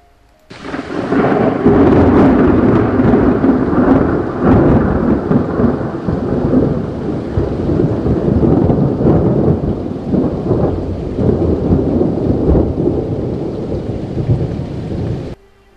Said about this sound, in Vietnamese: Cũng vào lúc này đêm mưa phùn lất phất, lại đột ngột vang lên tiếng sét đánh. Bất ngờ như vậy, vang dội như vậy, khiến cho Hàn Băng hoảng sợ run rẩy, không thốt nên lời.